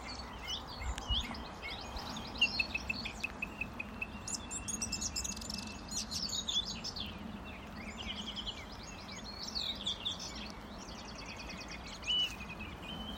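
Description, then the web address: Birds singing with busy, high chirps and trills from several callers throughout, over a constant low rushing hiss. Recorded 16 June 2024, 12:20 PM. "bird-song-2024-06-16-1220 PM"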